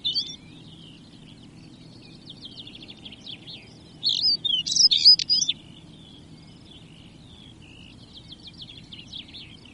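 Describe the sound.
European stonechat utters a brief high note at the start, then a louder cluster of sharp, scratchy chirps midway, over faint twittering and low rumble.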